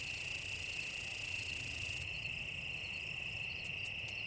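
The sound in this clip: Cicada song: a constant high droning buzz, with a second, thinner high hiss that cuts off halfway, then a few sharp clicks near the end.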